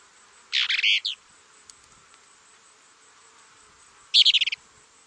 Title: LuckyPassaro Completos2Sama. Plain-crested Elaenia (Elaenia cristata)